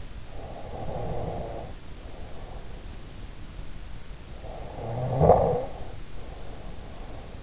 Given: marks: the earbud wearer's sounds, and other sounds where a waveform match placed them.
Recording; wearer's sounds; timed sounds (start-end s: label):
sounds in sleep by an in-ear microphone; snoring breath
0.18-2.82 s: snoring breath
4.28-7.43 s: snoring breath